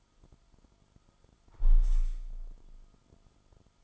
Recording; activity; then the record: daily activity, microphone in the room; close window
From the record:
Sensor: 5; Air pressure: 1004.7 hPa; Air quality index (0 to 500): 83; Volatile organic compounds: 2 ppm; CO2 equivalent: 998 ppm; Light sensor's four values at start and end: 34/79/32/31 and 34/79/32/31